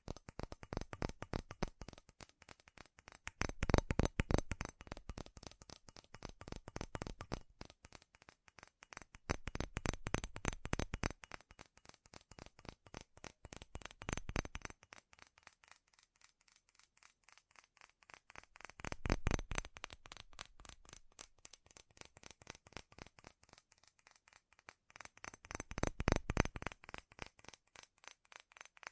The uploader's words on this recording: ASMR FAST & FURIOUS TAPPING Metal Sounds (No Talking).